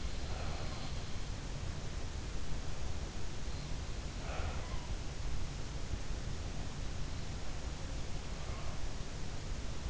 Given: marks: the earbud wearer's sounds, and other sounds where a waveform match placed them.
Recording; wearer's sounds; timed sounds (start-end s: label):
sounds in sleep by an in-ear microphone; breath
0.00-0.87 s: breath
3.97-4.71 s: sound from someone else or the room